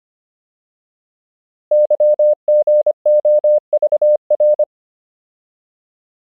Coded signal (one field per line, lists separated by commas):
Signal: Morse code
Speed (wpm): 25 wpm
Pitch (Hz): 600 Hz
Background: none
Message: YGOVR